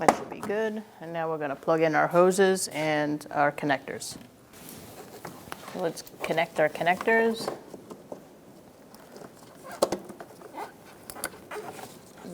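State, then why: Seated. Someone talks while plastic electrical connectors are pushed onto the windshield washer pump on a new washer reservoir for a 2012-2018 Ford Focus. Sharp clicks at 9.8 s and 11.2 s mark the connector seating into the pump.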